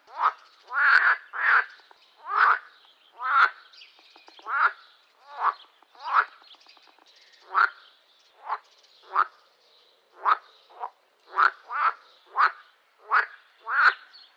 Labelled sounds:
Edible Frog
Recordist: Tembrock, Günter
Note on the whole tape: Lautformen (im Kunstteich ca 8 x 5 m), sehr gute Aufnahmequalität

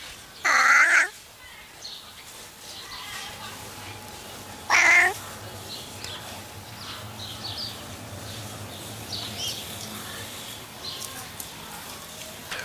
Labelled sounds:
Wildcat call
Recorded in captivity
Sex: male
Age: adult
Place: Tierpark Berlin, Berlin, DE
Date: 1983-12-24 10:52
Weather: sunny, 1-3°C, no wind
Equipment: Nagra SN, Sennheiser MKH 416 T, Kopie Uher 4000 Report Monitor
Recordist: Tembrock, Günter
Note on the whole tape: Männchen: hockt am Gitter, Maunzen auf Beobachter bezogen

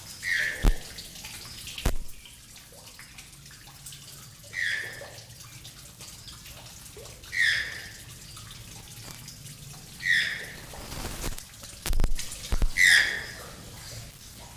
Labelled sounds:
Channel-billed Toucan call
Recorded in captivity
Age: adult
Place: Tierpark Carl Hagenbeck, Hamburg, DE
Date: 1998-10-31 13:30
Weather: 8°C, bedeckt z.T. Regen, Wind
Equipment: Sony MD-WM MZ-R3, Sennheiser MKH 416 T, Kopie Uher 4000 Report Monitor
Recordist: Tembrock, Günter

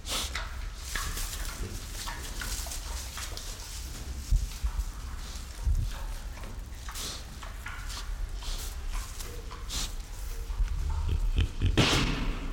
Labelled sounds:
White-lipped Peccary
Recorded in captivity
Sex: male
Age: adult
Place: Zoo Berlin, Berlin, DE
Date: 1992-12-25 13:10
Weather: heiter, -7°C
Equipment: Marantz CP 430, Sennheiser ME 80, Kopie Uher Variocord 263
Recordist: Tembrock, Günter
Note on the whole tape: Tayassu p. albirostris: Diverse Laute von Männchen, auch Stoßlaut am Mikro

